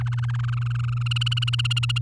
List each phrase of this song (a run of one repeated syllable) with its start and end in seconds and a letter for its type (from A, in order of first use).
0.00-1.03 A, 1.06-1.98 B